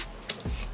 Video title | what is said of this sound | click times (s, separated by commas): AERO PRECISION .308 BUILD Part 3 of 3 | then I just adjust these the right way, and you have it there. It snaps into place. | 0.3 s